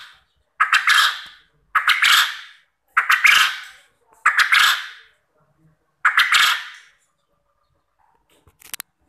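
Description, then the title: Quail call, five harsh, raspy bursts, each about a second long, mostly about 1.2 seconds apart, then a pause and a few sharp clicks at the end. Quail call used as a lure to make quail answer and sing actively. "Burung Puyuh Mana Yang Tidak Nyaut Dan Gacor Dengan Pancingan Ini"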